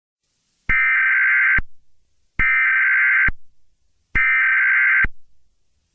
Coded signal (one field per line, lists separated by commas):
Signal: Emergency Alert System (SAME) tones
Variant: header bursts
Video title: EAS Mock: Tom is Extremely Angry with You [Explicit]